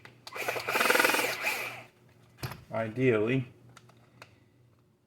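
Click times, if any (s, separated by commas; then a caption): none. A plastic beta wing is handled against its freshly drilled mount on a WRC SBX RC buggy: a loud, buzzing whir runs from about 0.3 to 1.9 s over a steady low hum, followed by a sharp knock near 2.4 s. Someone talks briefly, then faint taps come at about 3.8 and 4.2 s. Nothing has seated or clicked yet.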